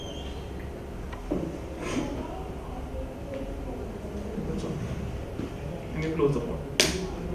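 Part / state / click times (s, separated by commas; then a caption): sample port lid on a diagnostic test cartridge / seated / 6.8 s. After a sample is loaded into the port of a molecular point-of-care diagnostic test cartridge, the plastic port lid is closed while someone talks. A sharp, short click is heard at 6.8 s as the lid snaps shut and locks in place.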